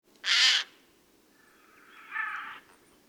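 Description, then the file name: Eurasian jay gives one loud, raspy screech, followed after a pause by a softer, lower call. "Garrulus glandarius"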